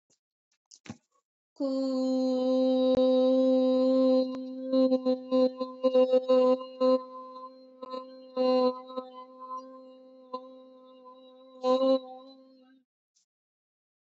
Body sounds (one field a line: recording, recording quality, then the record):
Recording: sustained vowel as in boot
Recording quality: excellent, no background noise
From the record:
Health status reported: healthy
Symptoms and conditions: none ticked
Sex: female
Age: 27 years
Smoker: not ticked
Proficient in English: yes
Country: India